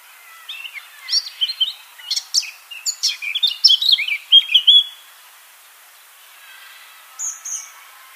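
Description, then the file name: Eurasian blackcap singing a chattering warble that ends in loud clear fluty notes, followed by a pause and a brief high note pair. "Sylvia atricapilla"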